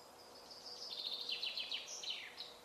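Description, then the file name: Common chaffinch singing one rattling phrase of rapid high notes that descends, closing with a brief sharp flourish, against a quiet hiss. "Fringilla coelebs"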